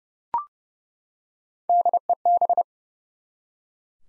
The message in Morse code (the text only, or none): DEB